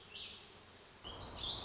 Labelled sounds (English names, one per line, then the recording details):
Warbling Vireo
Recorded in Sonoma County, California